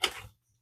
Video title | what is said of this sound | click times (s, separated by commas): How To Access Printer Parts on BROTHER HL-L2420DW HL-L2460DW HL-L2405W | it snaps right in. | 0.0 s